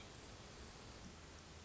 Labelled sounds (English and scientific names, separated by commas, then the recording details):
Hermit Thrush (Catharus guttatus)
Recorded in Sonoma County, California